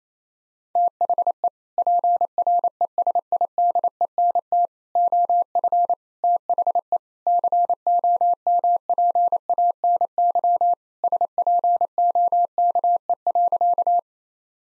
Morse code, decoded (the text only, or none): THE PRESIDENT OF THE COMPANY SPOKE.